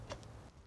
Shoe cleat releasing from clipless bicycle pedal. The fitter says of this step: and that will release the pedal all these clipless pedals are we use a spring-loaded mechanism